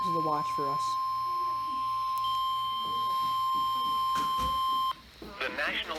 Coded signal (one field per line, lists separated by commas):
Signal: Emergency Alert System (SAME) tones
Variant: 1050 Hz attention tone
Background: speech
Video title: The Severe Weather Curse - EAS Alerts from my vacation [EAS #166-179]